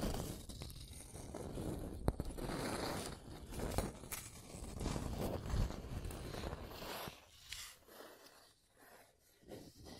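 Scratching and tracing strokes rasp steadily for seven seconds with a few sharp clicks, then thin into quieter, sparser scrapes toward the end.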